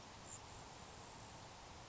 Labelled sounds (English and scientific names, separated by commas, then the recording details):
Grasshopper Sparrow (Ammodramus savannarum)
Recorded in Sonoma County, California